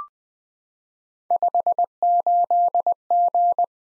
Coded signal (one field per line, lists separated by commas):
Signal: Morse code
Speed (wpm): 20 wpm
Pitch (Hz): 700 Hz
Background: none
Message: 58G